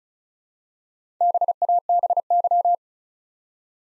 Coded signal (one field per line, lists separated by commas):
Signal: Morse code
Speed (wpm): 36 wpm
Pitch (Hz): 700 Hz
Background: none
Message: BABY